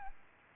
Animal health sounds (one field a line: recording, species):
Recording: mosquito wingbeat signal from an infrared sensor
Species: Aedes albopictus